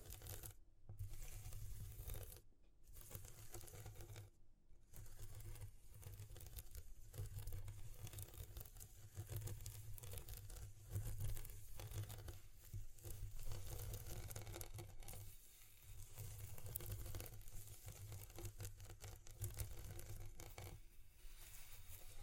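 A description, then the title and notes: Textures are scratched and rubbed in a dense, continuous stream of crackly, papery friction with frequent crinkling and tearing-like bursts. A steady low hum runs underneath throughout. Brief near-silent gaps break the sound early on, around the first five seconds. ASMR Exploring Textures (No Talking).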